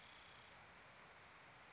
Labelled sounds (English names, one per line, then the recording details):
Spotted Towhee
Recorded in Sonoma County, California